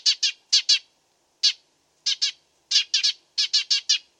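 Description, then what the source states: Dead Sea sparrow giving clipped, ringing chirps, singly or in tight clusters of up to four notes, separated by brief pauses. Masteran: made for training songbirds to copy its song.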